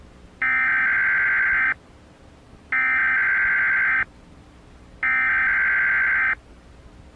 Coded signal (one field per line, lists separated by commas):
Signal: Emergency Alert System (SAME) tones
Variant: header bursts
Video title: EAS TEST INTERRUPTION (December 17 2000)